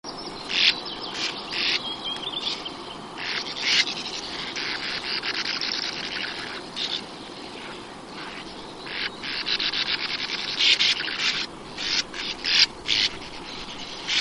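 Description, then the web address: Sand martin calls: a long stretch of dry, buzzy chattering bursts, irregular and overlapping, with steady background hiss throughout. "wroblowe ptaki riparia riparia"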